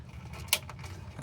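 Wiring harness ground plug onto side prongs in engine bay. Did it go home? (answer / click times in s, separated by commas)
yes / 0.5 s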